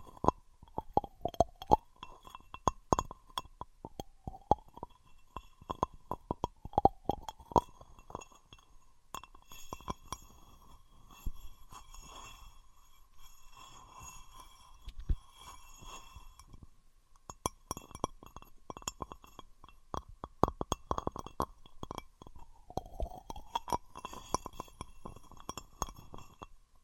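Glass, wood and plastic objects are tapped and knocked together in quick, irregular bursts of sharp clicks and clinks. A ringing tone near 1 kHz wavers and dips repeatedly, with faint high glassy tones lingering above. The taps thin out around 10 to 17 seconds, then resume densely.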